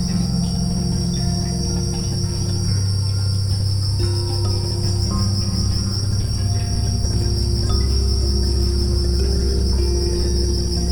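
Crickets keep up a dense, steady high trill throughout while low held tones slowly change underneath.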